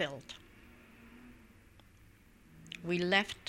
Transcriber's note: exterior traffic noise